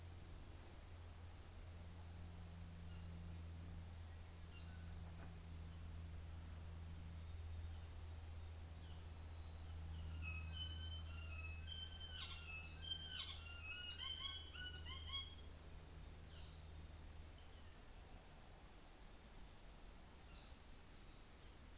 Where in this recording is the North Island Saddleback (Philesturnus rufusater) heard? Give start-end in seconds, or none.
12.03-13.55, 16.00-16.82, 20.07-20.62